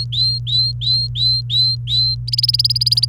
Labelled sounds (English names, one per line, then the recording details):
Domestic Canary song
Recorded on 28 April 2018 at 08:34
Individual llb3